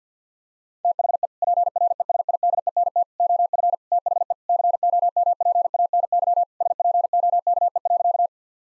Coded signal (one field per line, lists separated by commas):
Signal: Morse code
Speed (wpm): 50 wpm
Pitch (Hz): 700 Hz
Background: none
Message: THE PRESIDENT OF THE COMPANY SPOKE.